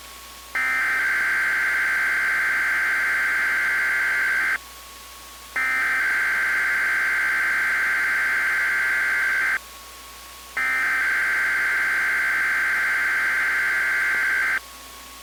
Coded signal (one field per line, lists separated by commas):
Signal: Emergency Alert System (SAME) tones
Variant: header bursts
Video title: XLF322 Required Weekly Test w/i-Notify Upgrade Announcement 2021-07-28 (EAS #49)